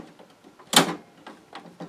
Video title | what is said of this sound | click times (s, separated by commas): $14 Printer Scanner HP Deskjet 2130 - Setting up on Windows 10, Printing | okay so it's clicked in okay let's do the repeat the same thing with the color one | 0.8 s